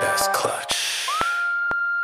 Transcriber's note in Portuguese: crowd echoes Kelvyn! Kelvyn!